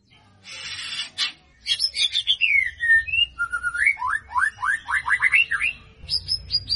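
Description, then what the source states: White-rumped shama song opening with a buzzy rasp, then clear whistles followed by a quick run of rising slurred notes and a few high chips at the end. Lure song meant to make the bird respond; the bird is described as gacor, singing constantly and energetically.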